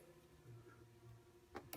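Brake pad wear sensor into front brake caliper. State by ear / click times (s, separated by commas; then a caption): not seated / none. A new brake pad wear sensor is handled at the front Brembo brake caliper of a 2006 Porsche Cayman S, with a low steady hum underneath. Two short sharp taps come at about 1.6 s and 1.7 s, but the sensor has not seated or clicked into the caliper yet.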